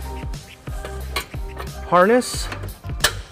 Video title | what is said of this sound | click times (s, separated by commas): 2007 Nissan Titan Trailer Wiring Installation | it just clicks right in there and then on the backside here push | 3.1 s